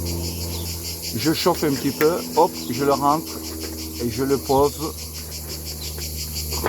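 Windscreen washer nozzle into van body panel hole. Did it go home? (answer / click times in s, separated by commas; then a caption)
yes / 6.7 s. A windscreen washer nozzle is pushed into its hole in the body panel of a VW T3 van over a steady background hiss, while someone talks. The nozzle snaps home with a short click at 6.7 s and is clipped in, though it already wobbles because its retaining lugs are worn.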